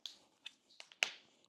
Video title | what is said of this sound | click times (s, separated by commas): Adonis Joint Distraction Knee Brace – Patient Fitting Guide | you hear a nice little click. | 1.0 s